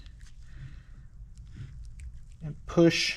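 A rubber slide-pin boot is squeezed and lined up at the bore of a front brake caliper bracket on a Honda Odyssey, ready to be pushed home. Someone talks over faint rubbery handling, soft taps and light ticks, ending in a louder burst of voice. Nothing has seated or clicked into place yet.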